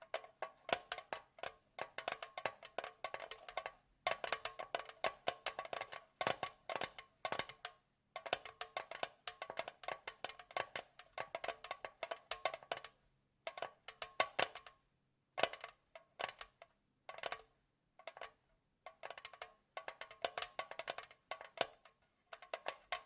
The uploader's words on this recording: ASMR Tapping For Sleep and Endless Tingles (No Talking).